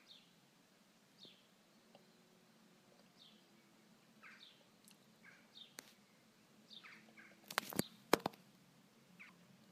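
Bird giving soft descending chirps at uneven intervals, with sharp clicks and knocks near the end.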